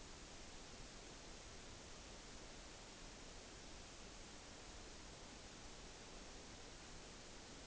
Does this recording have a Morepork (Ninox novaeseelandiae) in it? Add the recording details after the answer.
no. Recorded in New Zealand on 9 October 2013. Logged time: 17:00. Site Ponui